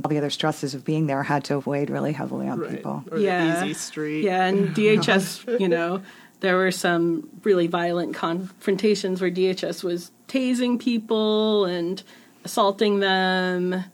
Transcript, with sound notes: And all the other stresses of being there had to have weighed really heavily on people.
Easy street. [laughs]
Yeah, and DHS, you know, there were some really violent confrontations where DHS was tasing people and assaulting them.